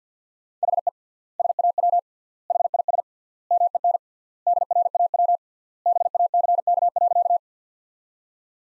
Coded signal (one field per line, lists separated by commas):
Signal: Morse code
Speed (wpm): 50 wpm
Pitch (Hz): 700 Hz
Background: none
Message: HE SAW HIS MEN DRAW BACK.